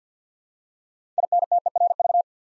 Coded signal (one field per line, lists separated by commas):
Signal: Morse code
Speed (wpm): 50 wpm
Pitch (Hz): 700 Hz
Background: none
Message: INTERV